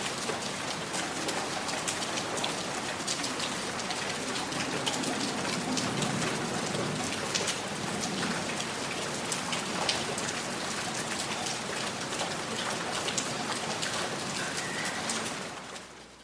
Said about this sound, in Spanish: ¿Notan los mosquitos de esa selva del Amazonas? ¿No sienten esa lluvia que moja ahora mismo nuestros rostros?